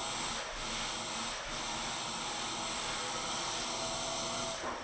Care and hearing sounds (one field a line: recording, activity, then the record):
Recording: daily activity, microphone in the room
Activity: vacuum cleaning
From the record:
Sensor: 5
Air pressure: 994.5 hPa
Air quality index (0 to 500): 173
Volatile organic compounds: 667 ppm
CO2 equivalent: 5010 ppm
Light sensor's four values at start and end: 9/21/8/9 and 9/21/8/9